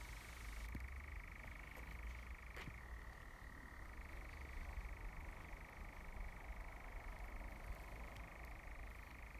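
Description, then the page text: European Nightjar churring, a continuous mechanical trill that drops briefly in pitch and then returns to its higher level, with steady low rumbling beneath. Recorded in the Forest of Dean on 31 May 2017. "Audioboom. Nightjar and Tawny Owl"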